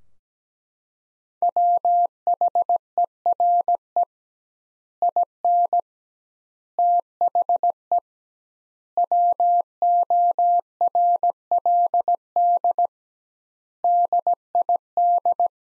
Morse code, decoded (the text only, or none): WHERE IN THE WORLD DID